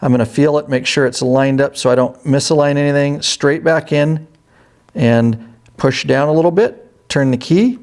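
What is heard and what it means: During final reassembly of a Harley touring motorcycle, the ignition switch is lined up, pushed straight back in onto the ignition lock barrel, pressed down a little, and the key is turned. Someone talks throughout, with a brief quiet pause near the middle. Nothing has seated or clicked yet when the clip ends.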